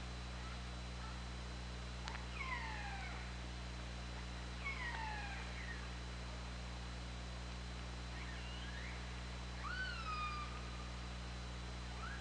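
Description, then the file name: Orca calls, several downward-sliding cries with bright overtones, later arching calls, with a click-like snap and a steady underwater hum. Recorded on the OrcaLab hydrophone on 24 August 2017 at 20:25. "Orca Lab UTLN JASON 20170824 202535"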